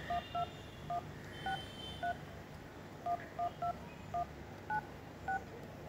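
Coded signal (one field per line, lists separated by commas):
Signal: DTMF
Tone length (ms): 110 ms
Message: 263 296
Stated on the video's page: DTMF tones from a mobile phone keypad dialer, played to form the Happy Birthday melody.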